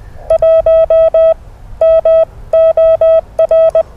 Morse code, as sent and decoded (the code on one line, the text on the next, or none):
.---- / -- / --- .-.
1 M OR